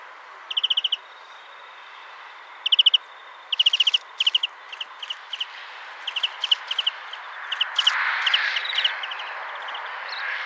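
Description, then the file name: European greenfinch calls: quick chirp bursts, then a looser run of single chirps, with a rushing noise joining near the end. "Chloris chloris"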